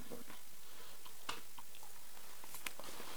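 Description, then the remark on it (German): Someone chewing peanuts: soft, irregular crunching with two sharper, louder cracks, and no talking. “Ich kann nicht hören, wenn jemand neben mir Erdnüsse kaut.”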